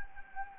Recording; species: mosquito wingbeat signal from an infrared sensor; Anopheles gambiae